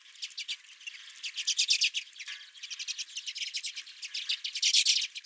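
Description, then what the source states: Redpolls twittering, overlapping rapid metallic chips and short buzzy notes from several birds, loudest near the end. Several redpolls at the recordist's own feeder.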